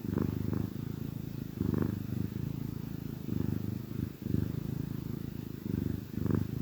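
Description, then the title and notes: Cat purr, a low rumble pulsing in breaths about every one to two seconds, nearly continuous. Gentle purrs of a contented cat. "Cat Cafe Purr-Finale. the gentle purrs of a contented cat"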